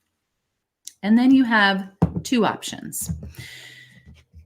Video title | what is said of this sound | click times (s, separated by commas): VocalMist - not just for singers! Nebulizer for voice health is one of the best! | at the back and you can release and let that go but you want to hear that click in | 0.9 s